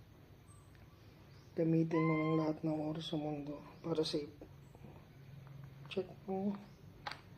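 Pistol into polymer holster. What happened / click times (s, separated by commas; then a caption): Handled, not yet seated: no clear retention click / none. A Glock 19 Gen5 pistol is handled with a plastic (polymer) Bluetac holster while someone talks, with a few faint ticks and a sharper tap near the end. The pistol has not been pushed home yet, and nothing has seated or clicked into the holster retention.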